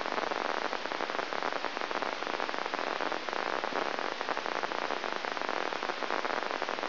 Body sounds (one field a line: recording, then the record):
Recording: brain microelectrode recording played as sound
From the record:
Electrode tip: inside the subthalamic nucleus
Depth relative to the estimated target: 1 mm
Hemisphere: left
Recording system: AlphaMap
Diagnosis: Parkinson's disease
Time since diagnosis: 20 years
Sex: female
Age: 65 years